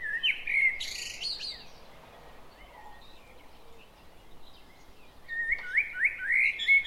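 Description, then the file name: Common blackbird giving a fluty, warbling phrase that ends in a high twitter, then a second rising warble after a quiet pause, over soft background hiss. "Turdus merula"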